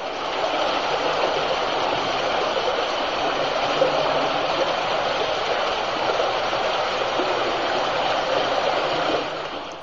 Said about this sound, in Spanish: Primero vamos a escuchar una gota que va llenando poquito a poquito lo que llamamos un gurs, o sea, una especie de volcancito que se llena de agua y que inmediatamente va seguido del fragor del propio río de Fuentemolinos.